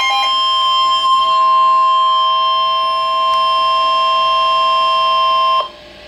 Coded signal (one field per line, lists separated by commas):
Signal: Emergency Alert System (SAME) tones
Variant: 1050 Hz attention tone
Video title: Severe T-Storm Warning [EAS #83] 7-18-12